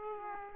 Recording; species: mosquito wingbeat signal from an infrared sensor; Aedes aegypti